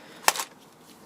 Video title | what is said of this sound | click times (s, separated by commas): Install of Esu 50709 lighting Trix 23430 Vid B | That's one side declipped. | 0.3 s